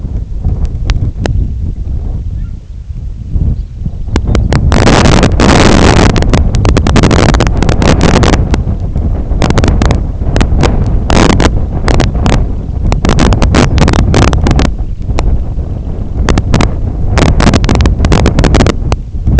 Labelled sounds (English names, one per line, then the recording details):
Semipalmated Sandpiper
unidentified sound
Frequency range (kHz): Semipalmated Sandpiper 2.4-4.9 kHz
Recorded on Arctic tundra, site IGLO-D, on 23 June 2018
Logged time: 20:00